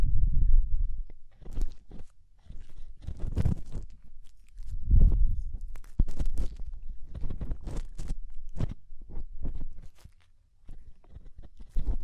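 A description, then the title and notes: Deep ear cleaning: crisp, crackling scratches and clicks come in irregular bursts, thickest from about six to nine seconds. Low, muffled rumbling swells rise under them every couple of seconds, and the sound briefly goes quiet near the ten-second mark. DEEP Ear Penetrating Cleaning.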